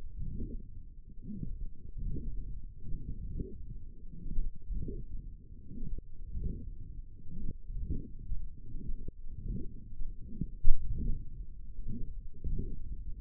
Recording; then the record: forearm muscle sounds (acoustic myography)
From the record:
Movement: forearm supination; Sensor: system 1, eight BSWA MPA416 microphones around the upper forearm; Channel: 1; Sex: male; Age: 21 years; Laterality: right